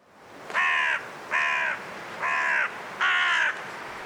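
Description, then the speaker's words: Carrion crow caws: four harsh calls, each about half a second long, over a steady hiss of wind. Five calling through blustery winds in a cold woodland at dusk, Gloucestershire, England. "Five carrion crows calling through the blustery winds in Woodchester Park in Gloucestershire, England."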